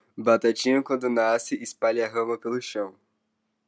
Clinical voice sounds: short text; Brazilian Portuguese; male; 20 to 29 years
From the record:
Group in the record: control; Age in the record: 21 years

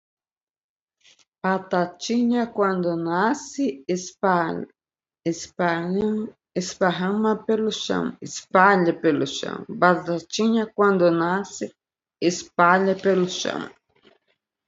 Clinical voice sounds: short text; Brazilian Portuguese; female; 50 to 59 years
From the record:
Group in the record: control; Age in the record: 56 years

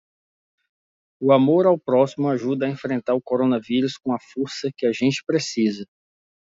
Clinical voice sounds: spoken sentence; Brazilian Portuguese; male; 40 to 49 years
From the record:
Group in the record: control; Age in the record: 44 years

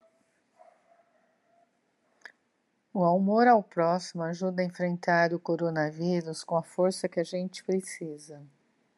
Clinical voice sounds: spoken sentence; Brazilian Portuguese; female; 60 to 69 years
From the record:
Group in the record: control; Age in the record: 62 years

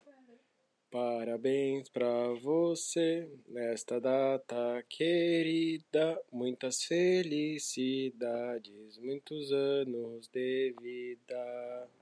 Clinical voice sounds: short text; Brazilian Portuguese; male; 20 to 29 years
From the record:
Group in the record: control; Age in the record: 26 years

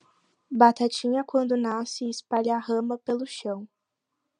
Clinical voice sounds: short text; Brazilian Portuguese; female; 20 to 29 years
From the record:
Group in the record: control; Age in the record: 21 years

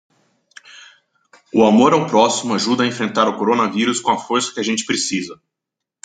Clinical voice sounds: spoken sentence; Brazilian Portuguese; male; 30 to 39 years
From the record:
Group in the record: control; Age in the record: 36 years

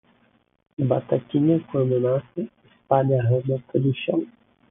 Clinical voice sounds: short text; Brazilian Portuguese; male; 20 to 29 years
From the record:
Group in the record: control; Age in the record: 27 years

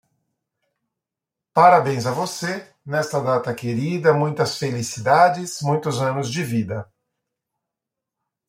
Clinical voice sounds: short text; Brazilian Portuguese; male; 50 to 59 years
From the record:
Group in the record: control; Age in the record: 53 years

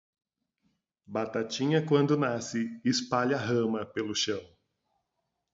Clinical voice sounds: short text; Brazilian Portuguese; male; 40 to 49 years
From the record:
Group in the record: control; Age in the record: 45 years

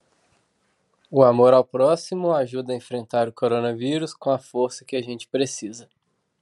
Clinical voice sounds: spoken sentence; Brazilian Portuguese; female; 30 to 39 years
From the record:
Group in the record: control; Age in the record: 32 years

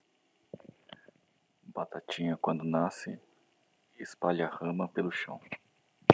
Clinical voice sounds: short text; Brazilian Portuguese; male; 40 to 49 years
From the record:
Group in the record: control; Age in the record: 44 years

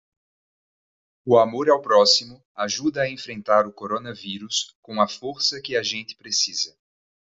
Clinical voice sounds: spoken sentence; Brazilian Portuguese; male; 20 to 29 years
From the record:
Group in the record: control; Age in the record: 26 years

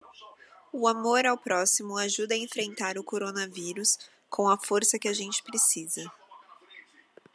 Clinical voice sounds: spoken sentence; Brazilian Portuguese; female; 20 to 29 years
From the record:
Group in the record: control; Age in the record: 28 years

